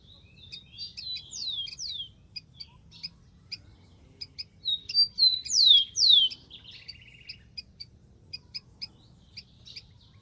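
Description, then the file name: Rufous-collared sparrow singing slurred, falling whistles twice among frequent high chips, the second phrase ending in a short dry trill. "canto do tico tico"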